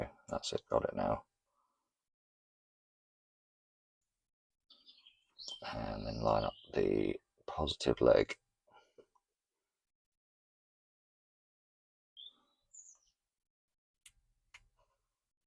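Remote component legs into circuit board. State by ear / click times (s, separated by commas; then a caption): not seated / none. Someone talks while handling a component with negative and positive legs, lining up its positive leg to press it into the circuit board of a Land Rover Freelander 2 key remote during a repair. Brief faint ticks are heard near 14.1 s and 14.6 s, but nothing has seated or clicked into place yet.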